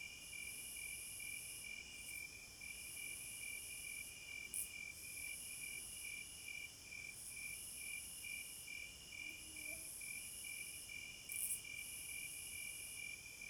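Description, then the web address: Crickets calling in a regular pulsed rhythm, about twice a second, with a high buzzing band alongside that breaks off and resumes several times. Forest at night. "Nature Sounds In HD Sounds of Nature Hypnotizing Forest- Wolves, Crickets, Owls and Singing Birds Midnight Concert"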